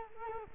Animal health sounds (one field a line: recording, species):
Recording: mosquito wingbeat signal from an infrared sensor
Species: Culex quinquefasciatus